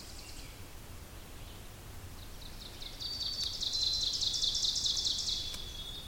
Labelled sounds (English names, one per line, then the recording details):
Ovenbird song
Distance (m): 55 m
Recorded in boreal forest in Alberta, Canada, on 2 June 2016 at 07:35
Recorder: SongMeter 3, array SBT-3-7
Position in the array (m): 207 m, 85 m
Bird 6